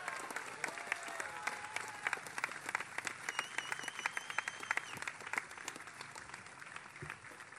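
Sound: audience applause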